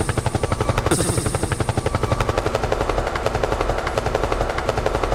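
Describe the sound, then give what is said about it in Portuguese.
A helicopter's rotor beats in a loud, steady rapid thudding that runs throughout, with a brief hissy burst near the start layered over the rhythmic chop. “No helicóptero, meu filho.”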